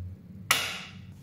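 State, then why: Seated. A modular breaker is pushed onto the plastic DIN rail base inside a small electrical panel enclosure. A single sharp, bright click sounds at 0.5 s over a faint low hum, then fades, as the module snaps home and is seated on the rail.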